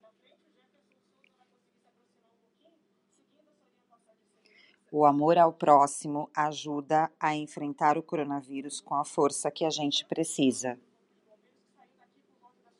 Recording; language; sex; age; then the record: spoken sentence; Brazilian Portuguese; female; 40 to 49 years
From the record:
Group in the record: control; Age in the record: 49 years